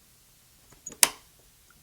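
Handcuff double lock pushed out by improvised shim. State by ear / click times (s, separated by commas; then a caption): released / 1.0 s. A bent tweezer leg from a Swiss army knife, levered in the bottom of a handcuff keyhole, pushes out the metal double lock. Faint scraping ticks come at 0.9 s, then a sharp, bright click at 1.0 s as the double lock releases and disengages.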